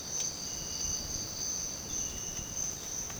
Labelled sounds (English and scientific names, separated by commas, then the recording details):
none
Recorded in dense forest near Puerto Asís, Putumayo, Colombia, on 12 March 2025 at 06:00
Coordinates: 0.486, -76.317
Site G053